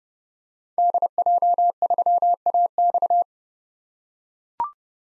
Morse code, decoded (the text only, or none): DJ3AX